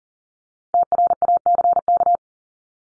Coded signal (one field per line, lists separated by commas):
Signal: Morse code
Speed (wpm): 40 wpm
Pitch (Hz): 700 Hz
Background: none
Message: TRACK